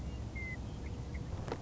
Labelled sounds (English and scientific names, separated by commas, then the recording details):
Western Meadowlark (Sturnella neglecta)
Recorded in Sonoma County, California